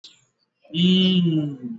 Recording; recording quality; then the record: sustained vowel as in beet; excellent, no background noise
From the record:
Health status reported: exposed to COVID-19, no respiratory illness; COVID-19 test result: not tested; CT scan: not taken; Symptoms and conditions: none ticked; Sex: male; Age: 28 years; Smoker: no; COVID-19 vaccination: both doses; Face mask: worn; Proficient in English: yes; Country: India